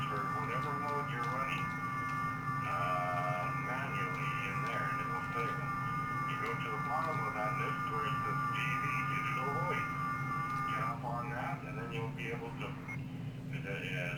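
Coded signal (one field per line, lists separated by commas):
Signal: FT8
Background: speech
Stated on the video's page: FT8 operation using WSJT-X.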